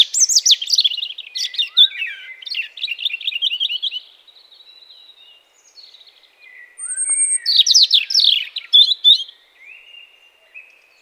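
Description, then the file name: European robin song of rapid, tumbling high notes and sweet trills in two loud phrases separated by a quieter stretch of thin, drawn-out whistles. "Erithacus rubecula"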